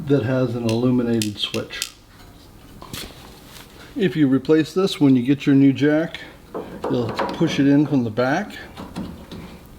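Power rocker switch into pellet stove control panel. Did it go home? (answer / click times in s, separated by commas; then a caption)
no / none. Someone talks while handling a new illuminated main power rocker switch with a plastic body, about to push it from the back into its control panel cutout on a Comfort-Bilt HP21 pellet stove. A few brief, faint handling taps are heard around 2.8, 9.0 and 9.3 seconds. Nothing has seated or clicked yet; the switch has not snapped into the panel.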